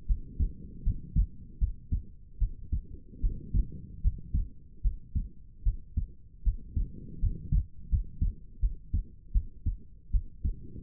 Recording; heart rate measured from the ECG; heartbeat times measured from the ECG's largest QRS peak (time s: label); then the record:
heart sounds by stethoscope; 78 bpm
0.06 s: heartbeat
0.83 s: heartbeat
1.58 s: heartbeat
2.38 s: heartbeat
3.20 s: heartbeat
4.01 s: heartbeat
4.81 s: heartbeat
5.63 s: heartbeat
6.43 s: heartbeat
7.19 s: heartbeat
7.89 s: heartbeat
8.60 s: heartbeat
9.32 s: heartbeat
10.11 s: heartbeat
From the record:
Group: healthy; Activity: rest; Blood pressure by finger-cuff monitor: 100/66 mmHg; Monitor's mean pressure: 76 mmHg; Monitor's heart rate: 77 bpm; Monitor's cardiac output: 6.1 L/min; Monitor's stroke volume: 77 mL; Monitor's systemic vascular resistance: 880 dyn s/cm5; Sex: female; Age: 19 years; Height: 163 cm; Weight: 48.9 kg